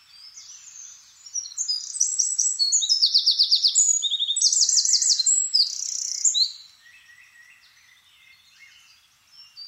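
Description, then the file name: Eurasian wren delivering one loud, high song of about five seconds, with rapid machine-gun trills and ringing notes, followed by quiet. "Troglodytes troglodytes"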